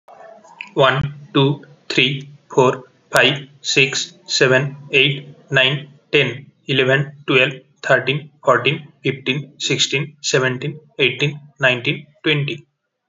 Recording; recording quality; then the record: counting at a normal pace; excellent, no background noise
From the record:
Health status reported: healthy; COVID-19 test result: negative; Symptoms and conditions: cold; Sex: male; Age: 23 years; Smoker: not ticked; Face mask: not worn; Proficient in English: yes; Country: India